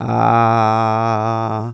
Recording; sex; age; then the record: sustained vowel /a/; male; 60 to 69 years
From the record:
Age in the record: 61 years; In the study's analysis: included